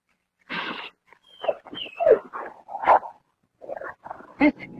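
A dog barks in a rapid, irregular run of sharp, mid-pitched yaps and yips, some drawn out into whiny cries, with brief gaps between the bursts.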